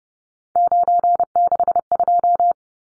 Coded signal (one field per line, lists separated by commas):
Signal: Morse code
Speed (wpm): 30 wpm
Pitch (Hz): 700 Hz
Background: none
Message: 962